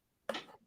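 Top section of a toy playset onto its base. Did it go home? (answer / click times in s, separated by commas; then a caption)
no / none. The plastic top section of a toy forge playset is set down onto its base, making a single short plastic contact sound at about 0.3 s that quickly fades. The piece does not snap into place; it only rests on top and wobbles, and nothing has clicked or seated.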